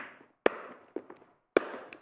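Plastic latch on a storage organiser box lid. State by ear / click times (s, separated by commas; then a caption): seated / 0.5 s, 1.6 s. The plastic latches on the lid of a sewing storage organiser box are closed by hand, giving two sharp snaps at 0.5 s and 1.6 s, with fainter knocks around 1.0 s, 1.1 s and 1.9 s. The latches lock the lid shut securely.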